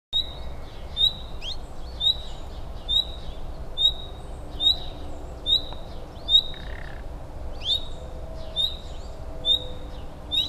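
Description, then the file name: Common nightingale giving brief rising whistles again and again at a steady pace, about once a second, with a low constant hum and a few scattered faint chirps. "Luscinia megarhynchos"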